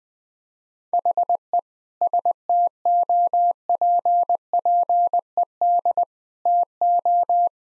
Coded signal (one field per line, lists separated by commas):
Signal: Morse code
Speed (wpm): 20 wpm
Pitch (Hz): 700 Hz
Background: none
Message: HE STOPPED TO